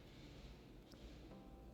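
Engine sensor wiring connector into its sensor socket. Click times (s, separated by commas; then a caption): 0.9 s. After the intake manifold is refitted on a GM 3.6L engine, an electrical sensor wiring connector is pushed into its sensor socket until its plastic latch clicks. Against a steady low background hum, one short, sharp click sounds at 0.9 s, showing that the connector is fully seated and secured in place.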